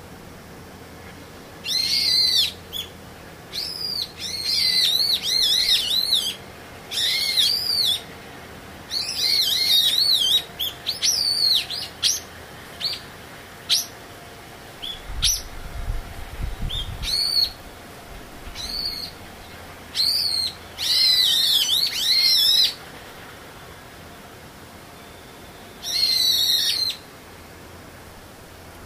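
A bird sings bright, rapid warbling phrases, each lasting about a second, repeated in clusters through the recording with short pauses between. A faint low hum runs underneath, and a brief low rumble passes around the middle.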